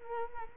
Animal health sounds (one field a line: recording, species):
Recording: mosquito wingbeat signal from an infrared sensor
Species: Culex quinquefasciatus